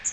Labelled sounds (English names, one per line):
Magnolia Warbler flight call